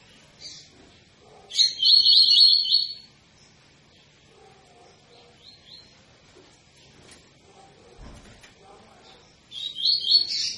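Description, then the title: Double-collared seedeater singing fast, high, buzzy trilled phrases, one burst near the start and another at the end, separated by sparse faint notes. Tui-tui song style, sung as a tutor song for teaching young birds. "COLEIRO TUI TUI FIBRA CANTO PROFESSOR"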